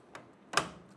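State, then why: Seated. A magnetic laser head for an xTool M2, with two locating pins on its back, is lined up with two holes in the machine's tool head and released so the magnets pull it home. A faint tick at 0.1 s precedes a sharp, loud click at 0.6 s as the laser head snaps into place and is seated.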